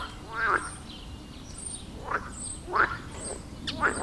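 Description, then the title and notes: Frogs croaking in short, rattling bursts, about five calls at irregular intervals. Frog concert at the village pond in Wohlsborn, Germany; recorded with a TASCAM DR-40X. "Wohlsborn, Deutschland - Froschkonzert. Frog concert. Froschkonzert am Dorfteich in Wohlsborn. Aufgenommen mit TASCAM DR-40X"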